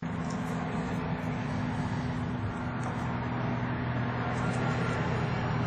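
A VVT oil control valve solenoid on a 2009–2013 Toyota Corolla, taken out for testing over a rough idle, misfire and OBDII codes P0011, P0012 and P0021, is handled at its bore in the cylinder head before being pushed back in. A steady, vehicle-like broadband rumble with low humming tones fills the clip, with a brief bump at the very start. Nothing has seated or clicked yet.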